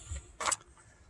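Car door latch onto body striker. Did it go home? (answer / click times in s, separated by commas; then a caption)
yes / 0.4 s. A car door on a 1970 VW Standard Beetle convertible is closed, and its latch catches on the body striker. After a faint low rumble, a single sharp, bright click lands at 0.4 s and fades within about a tenth of a second into quiet. The latch has seated and the door is closed.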